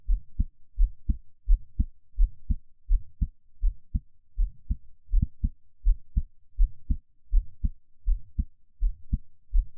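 Steady paired low thumps, lub-dub, at about 82 beats a minute: a regular adult heartbeat heard up close.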